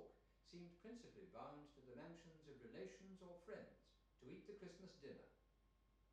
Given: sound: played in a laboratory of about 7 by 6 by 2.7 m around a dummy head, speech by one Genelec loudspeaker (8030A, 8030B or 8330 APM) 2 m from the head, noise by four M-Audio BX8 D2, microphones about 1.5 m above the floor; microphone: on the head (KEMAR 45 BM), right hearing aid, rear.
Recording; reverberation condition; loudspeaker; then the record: male speech in English; medium; 30 degrees to the left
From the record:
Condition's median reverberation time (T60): about 510 ms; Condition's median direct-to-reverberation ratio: about -0.5 dB